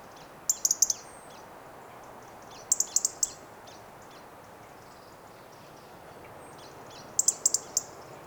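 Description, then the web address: European robin ticking, three separate bursts of four or five sharp high clicks, spaced a few seconds apart, with little else heard. "SETE Erithacus rubecula"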